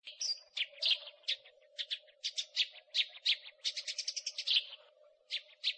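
Eurasian tree sparrow chirps, bright clipped notes in irregular clusters, one thin whistle at the start, with a faint low hum throughout.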